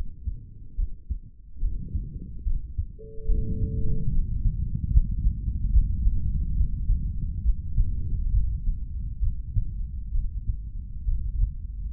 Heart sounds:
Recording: heart sounds by stethoscope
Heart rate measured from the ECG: 70 bpm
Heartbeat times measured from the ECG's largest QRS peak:
0.76 s: heartbeat
1.60 s: heartbeat
2.44 s: heartbeat
3.26 s: heartbeat
4.10 s: heartbeat
4.91 s: heartbeat
5.71 s: heartbeat
6.54 s: heartbeat
7.42 s: heartbeat
8.30 s: heartbeat
9.20 s: heartbeat
10.11 s: heartbeat
11.05 s: heartbeat
From the record:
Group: healthy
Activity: rest 0-5 s, breath hold 5-12 s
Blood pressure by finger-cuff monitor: 114/93 mmHg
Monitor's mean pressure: 101 mmHg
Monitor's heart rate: 71 bpm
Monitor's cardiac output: 3.2 L/min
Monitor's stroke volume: 44 mL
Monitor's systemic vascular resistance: 2320 dyn s/cm5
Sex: male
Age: 55 years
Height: 167 cm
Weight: 57.2 kg

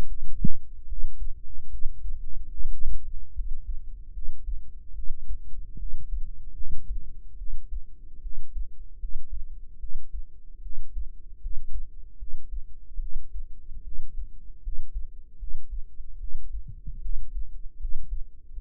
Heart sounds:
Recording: heart sounds by microphone in the right ear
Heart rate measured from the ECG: 75 bpm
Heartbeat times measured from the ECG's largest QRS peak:
0.07 s: heartbeat
0.87 s: heartbeat
1.70 s: heartbeat
2.55 s: heartbeat
3.35 s: heartbeat
4.13 s: heartbeat
4.94 s: heartbeat
5.78 s: heartbeat
6.55 s: heartbeat
7.37 s: heartbeat
8.21 s: heartbeat
8.99 s: heartbeat
9.79 s: heartbeat
10.61 s: heartbeat
11.40 s: heartbeat
12.18 s: heartbeat
12.99 s: heartbeat
13.83 s: heartbeat
14.62 s: heartbeat
15.38 s: heartbeat
16.19 s: heartbeat
17.01 s: heartbeat
17.79 s: heartbeat
18.52 s: heartbeat
From the record:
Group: healthy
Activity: rest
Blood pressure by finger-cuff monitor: 98/53 mmHg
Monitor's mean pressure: 67 mmHg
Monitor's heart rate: 74 bpm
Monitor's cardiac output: 7.3 L/min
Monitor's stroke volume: 97 mL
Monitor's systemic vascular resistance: 670 dyn s/cm5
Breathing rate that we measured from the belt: 21 breaths a minute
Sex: female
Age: 19 years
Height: 163 cm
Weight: 48.9 kg

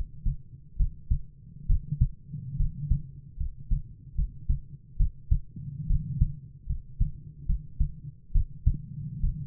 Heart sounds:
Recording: heart sounds by stethoscope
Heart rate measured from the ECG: 71 bpm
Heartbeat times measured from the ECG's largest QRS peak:
0.76 s: heartbeat
1.66 s: heartbeat
2.56 s: heartbeat
3.36 s: heartbeat
4.14 s: heartbeat
4.96 s: heartbeat
5.86 s: heartbeat
6.66 s: heartbeat
7.45 s: heartbeat
8.31 s: heartbeat
9.20 s: heartbeat
From the record:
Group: healthy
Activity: rest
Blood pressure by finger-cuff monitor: 100/59 mmHg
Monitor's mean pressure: 67 mmHg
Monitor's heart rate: 73 bpm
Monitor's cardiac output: 7.5 L/min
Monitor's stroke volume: 105 mL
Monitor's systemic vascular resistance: 630 dyn s/cm5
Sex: male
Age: 22 years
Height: 185 cm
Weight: 112.4 kg

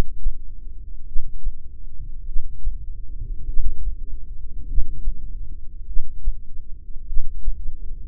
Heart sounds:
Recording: heart sounds by microphone in the left ear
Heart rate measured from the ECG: 50 bpm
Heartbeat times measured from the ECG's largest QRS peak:
1.07 s: heartbeat
2.27 s: heartbeat
3.47 s: heartbeat
4.68 s: heartbeat
5.88 s: heartbeat
7.08 s: heartbeat
From the record:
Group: heart failure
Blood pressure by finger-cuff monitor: 110/55 mmHg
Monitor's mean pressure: 72 mmHg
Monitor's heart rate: 50 bpm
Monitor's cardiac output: 4.8 L/min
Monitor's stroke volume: 95 mL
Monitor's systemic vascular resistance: 1080 dyn s/cm5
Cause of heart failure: cardiac sarcoid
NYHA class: 1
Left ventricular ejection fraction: 39%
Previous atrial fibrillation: present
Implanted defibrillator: present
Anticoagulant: apixaban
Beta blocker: carvedilol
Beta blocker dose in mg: 50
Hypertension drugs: ramipril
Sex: male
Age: 79 years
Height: 184 cm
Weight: 92.5 kg

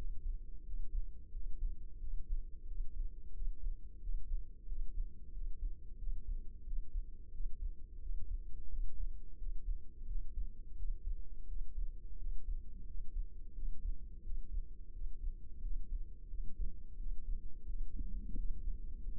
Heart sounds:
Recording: heart sounds by microphone in the left ear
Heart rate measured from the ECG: 88 bpm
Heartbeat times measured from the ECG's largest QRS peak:
0.67 s: heartbeat
1.34 s: heartbeat
2.01 s: heartbeat
2.68 s: heartbeat
3.35 s: heartbeat
4.02 s: heartbeat
4.69 s: heartbeat
5.34 s: heartbeat
6.00 s: heartbeat
6.66 s: heartbeat
7.34 s: heartbeat
8.02 s: heartbeat
8.72 s: heartbeat
9.39 s: heartbeat
10.08 s: heartbeat
10.78 s: heartbeat
11.49 s: heartbeat
12.20 s: heartbeat
12.88 s: heartbeat
13.56 s: heartbeat
14.25 s: heartbeat
14.94 s: heartbeat
15.63 s: heartbeat
16.31 s: heartbeat
16.99 s: heartbeat
17.69 s: heartbeat
18.38 s: heartbeat
19.06 s: heartbeat
From the record:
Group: healthy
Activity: rest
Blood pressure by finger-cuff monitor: 131/80 mmHg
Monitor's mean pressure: 99 mmHg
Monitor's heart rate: 88 bpm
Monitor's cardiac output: 7.4 L/min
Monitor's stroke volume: 85 mL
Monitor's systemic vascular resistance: 990 dyn s/cm5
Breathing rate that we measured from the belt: 16 breaths a minute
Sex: male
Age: 21 years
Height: 175 cm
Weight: 72.6 kg

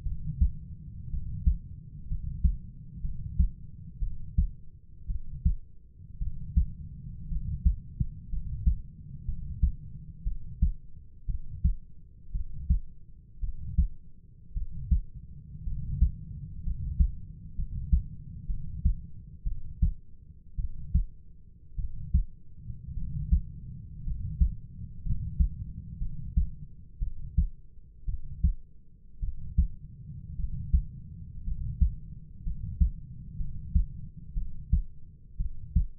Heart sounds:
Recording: heart sounds by stethoscope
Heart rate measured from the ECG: 58 bpm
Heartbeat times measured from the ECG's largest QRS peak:
0.04 s: heartbeat
1.10 s: heartbeat
2.08 s: heartbeat
3.01 s: heartbeat
4.00 s: heartbeat
5.07 s: heartbeat
6.19 s: heartbeat
7.29 s: heartbeat
8.30 s: heartbeat
9.25 s: heartbeat
10.24 s: heartbeat
11.26 s: heartbeat
12.32 s: heartbeat
13.40 s: heartbeat
14.54 s: heartbeat
15.64 s: heartbeat
16.63 s: heartbeat
17.56 s: heartbeat
18.47 s: heartbeat
19.44 s: heartbeat
20.56 s: heartbeat
21.76 s: heartbeat
22.94 s: heartbeat
24.04 s: heartbeat
25.03 s: heartbeat
25.99 s: heartbeat
26.99 s: heartbeat
28.06 s: heartbeat
29.20 s: heartbeat
30.36 s: heartbeat
31.44 s: heartbeat
32.43 s: heartbeat
33.37 s: heartbeat
34.34 s: heartbeat
35.37 s: heartbeat
From the record:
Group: healthy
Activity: cold pressor test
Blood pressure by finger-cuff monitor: 113/62 mmHg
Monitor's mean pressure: 76 mmHg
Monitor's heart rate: 56 bpm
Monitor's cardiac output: 5 L/min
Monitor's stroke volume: 87 mL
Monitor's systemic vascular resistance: 1090 dyn s/cm5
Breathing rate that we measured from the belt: 8 breaths a minute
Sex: male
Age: 25 years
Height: 170 cm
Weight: 70.4 kg

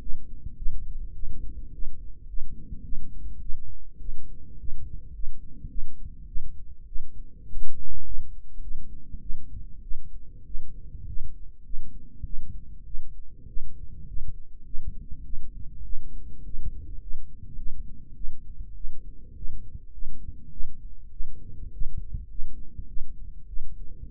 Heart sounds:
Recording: heart sounds by microphone in the right ear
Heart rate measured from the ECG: 102 bpm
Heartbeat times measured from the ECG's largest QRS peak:
0.01 s: heartbeat
0.57 s: heartbeat
1.15 s: heartbeat
1.73 s: heartbeat
2.28 s: heartbeat
2.84 s: heartbeat
3.41 s: heartbeat
4.00 s: heartbeat
4.58 s: heartbeat
5.13 s: heartbeat
5.69 s: heartbeat
6.27 s: heartbeat
6.87 s: heartbeat
7.48 s: heartbeat
8.04 s: heartbeat
8.61 s: heartbeat
9.21 s: heartbeat
9.82 s: heartbeat
10.46 s: heartbeat
11.07 s: heartbeat
11.64 s: heartbeat
12.25 s: heartbeat
12.85 s: heartbeat
13.48 s: heartbeat
14.07 s: heartbeat
14.65 s: heartbeat
15.24 s: heartbeat
15.84 s: heartbeat
16.44 s: heartbeat
17.01 s: heartbeat
17.57 s: heartbeat
18.15 s: heartbeat
18.75 s: heartbeat
19.36 s: heartbeat
19.92 s: heartbeat
20.51 s: heartbeat
21.11 s: heartbeat
21.72 s: heartbeat
22.29 s: heartbeat
22.88 s: heartbeat
23.47 s: heartbeat
24.09 s: heartbeat
From the record:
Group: healthy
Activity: rest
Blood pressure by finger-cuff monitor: 116/64 mmHg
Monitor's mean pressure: 79 mmHg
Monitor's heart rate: 103 bpm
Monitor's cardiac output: 8.9 L/min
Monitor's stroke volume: 86 mL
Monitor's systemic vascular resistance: 640 dyn s/cm5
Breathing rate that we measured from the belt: 20 breaths a minute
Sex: female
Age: 22 years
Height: 163 cm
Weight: 67.1 kg

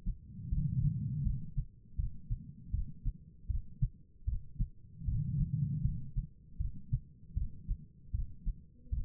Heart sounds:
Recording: heart sounds by stethoscope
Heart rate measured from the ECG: 78 bpm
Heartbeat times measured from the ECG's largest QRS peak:
0.49 s: heartbeat
1.23 s: heartbeat
1.96 s: heartbeat
2.71 s: heartbeat
3.47 s: heartbeat
4.25 s: heartbeat
5.05 s: heartbeat
5.82 s: heartbeat
6.58 s: heartbeat
7.34 s: heartbeat
8.12 s: heartbeat
8.90 s: heartbeat
From the record:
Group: healthy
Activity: rest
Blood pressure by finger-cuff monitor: 140/97 mmHg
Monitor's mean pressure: 115 mmHg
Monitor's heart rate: 79 bpm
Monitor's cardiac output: 4.6 L/min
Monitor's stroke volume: 59 mL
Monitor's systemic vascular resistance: 1850 dyn s/cm5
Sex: female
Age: 51 years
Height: 162 cm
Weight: 70.04 kg

